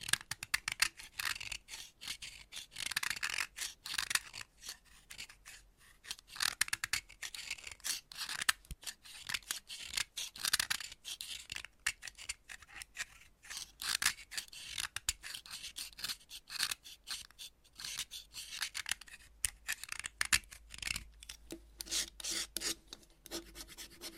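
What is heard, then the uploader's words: Chalk being cut, with dense, crisp scraping and snapping strokes that are bright and hissy, coming in rapid irregular bursts throughout. Short quiet gaps separate clusters of strokes, and a faint low hum sits underneath the whole time. Chalk Cutting. No Talking.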